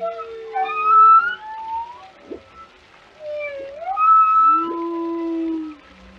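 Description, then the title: Whale song: long tonal moans and rising and falling whistled sweeps, some held, others gliding upward, with quiet gaps between phrases. "Whale Tales: A Dive into the Fascinating Behaviors of These Ocean Giants"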